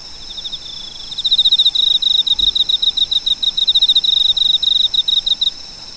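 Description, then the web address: Cricket trilling: quiet soft pulses at first, then a long run of loud, rapid, evenly spaced high chirps lasting over four seconds before stopping. "sound nature cricket"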